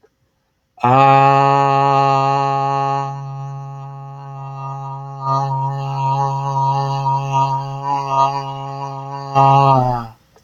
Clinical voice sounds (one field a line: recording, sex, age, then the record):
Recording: vowel held as long as possible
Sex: male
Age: 30 to 39 years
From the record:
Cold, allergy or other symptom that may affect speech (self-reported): no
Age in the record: 36 years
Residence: United States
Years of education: 14